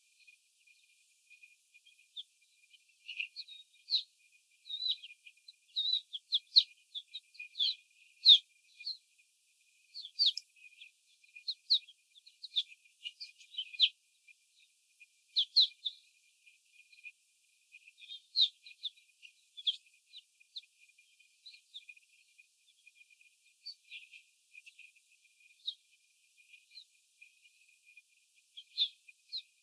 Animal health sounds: young laying hens in a cage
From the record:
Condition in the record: before the stressor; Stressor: simulated dog barking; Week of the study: 4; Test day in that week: 3

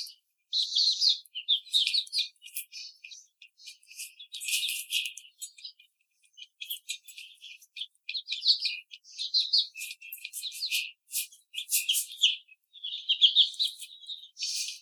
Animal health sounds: young laying hens in a cage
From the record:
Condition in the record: treatment cage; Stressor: simulated dog barking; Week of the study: 5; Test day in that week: 1

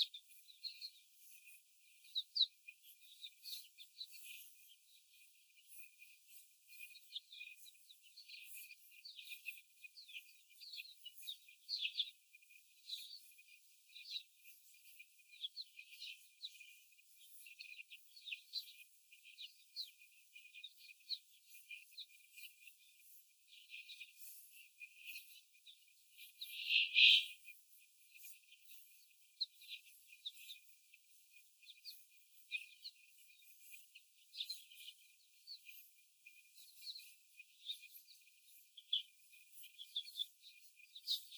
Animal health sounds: young laying hens in a cage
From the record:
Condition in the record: before the stressor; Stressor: simulated dog barking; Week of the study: 4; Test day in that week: 1

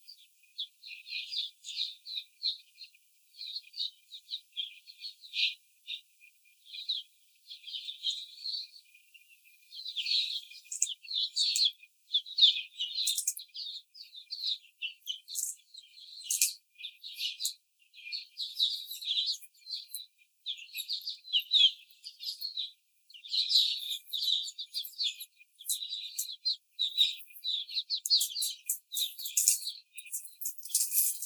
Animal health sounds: young laying hens in a cage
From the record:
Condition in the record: after the stressor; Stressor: simulated dog barking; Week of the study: 4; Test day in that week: 2

